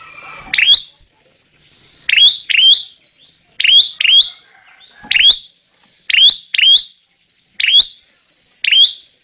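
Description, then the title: Prinia chirps: several sharp rising buzzy notes, singly and in quick pairs, fairly regular, against a steady thin high tone. Persistent, loud singing (gacor) meant as a tutoring track (masteran) for teaching songbirds. "Prenjak Lancur Gacor Untuk Masteran"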